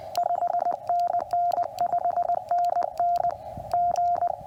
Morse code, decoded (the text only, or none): 5NN 5NN G